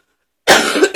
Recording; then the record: coughing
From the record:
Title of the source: 64 coughing, allergies, singing lungs